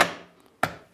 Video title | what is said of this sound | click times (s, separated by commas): OConner 2575D Fluid Head | in snap the lock it's just that simple and then you can slide your camera on | 0.6 s